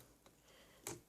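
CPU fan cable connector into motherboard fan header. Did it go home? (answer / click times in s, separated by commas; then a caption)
yes / 0.9 s. A CPU fan cable connector is plugged into the motherboard fan header. A faint tick at 0.3 s is followed by a sharp, brighter click at 0.9 s as the connector seats.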